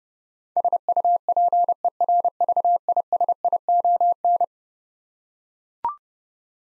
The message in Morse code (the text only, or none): SUPERVISION